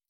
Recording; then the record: hydrophone in a shrimp aquaculture tank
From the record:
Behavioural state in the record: stressed